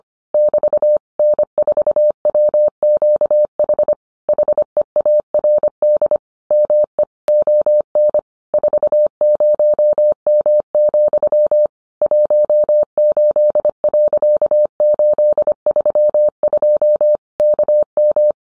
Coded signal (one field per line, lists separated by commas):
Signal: Morse code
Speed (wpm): 25 wpm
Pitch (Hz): 600 Hz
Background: none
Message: <BT> N4WQH HEARD ME ON 40M, 18.832 KM